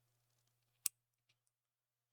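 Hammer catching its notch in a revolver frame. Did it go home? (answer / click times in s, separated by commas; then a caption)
yes / 0.9 s. A revolver's steel hammer is pulled back slightly from fully down, close to the mic, until it catches in a notch with one sharp, bright click at 0.9 s, followed by a couple of faint ticks over a low steady hum. The hammer is left seated in the notch with a small gap between it and the frame.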